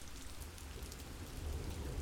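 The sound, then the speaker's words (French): Steady rain falls in a continuous soft hiss with a low rumbling undertone that swells slightly toward the end, with no voices present. “J'écoute le bruit de la pluie, pénétré, mesuré du souffle du dormeur.”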